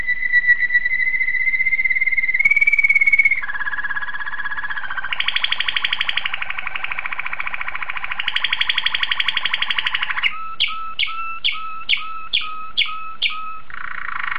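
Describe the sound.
Domestic canary song: long whistled note, then a series of buzzy rolling trills changing pitch, a run of sharp repeated notes and a brief final trill.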